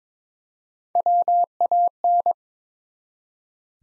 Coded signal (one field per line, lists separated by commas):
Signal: Morse code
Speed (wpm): 22 wpm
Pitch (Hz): 700 Hz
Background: none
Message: WAN